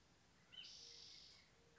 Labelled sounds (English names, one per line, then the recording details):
Spotted Towhee
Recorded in Sonoma County, California